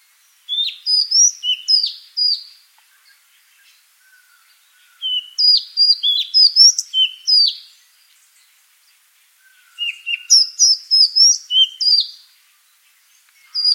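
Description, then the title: Madagascar magpie-robin song: three bursts of bright whistled and sliding notes, several per second, separated by short pauses. "suara burung kacer madagaskar"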